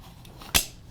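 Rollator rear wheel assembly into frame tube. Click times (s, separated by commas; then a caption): 0.6 s. A rollator's rear wheel and brake assembly is pushed onto the frame tube with both spring push buttons pressed. After two faint ticks, a sharp, loud click at 0.6 s marks the buttons popping out and locking the assembly in place.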